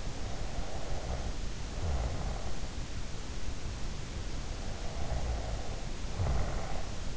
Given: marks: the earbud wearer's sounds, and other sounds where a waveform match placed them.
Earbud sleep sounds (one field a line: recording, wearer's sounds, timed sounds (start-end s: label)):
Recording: sounds in sleep by an in-ear microphone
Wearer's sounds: snoring breath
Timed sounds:
0.24-2.75 s: snoring breath
4.61-7.17 s: snoring breath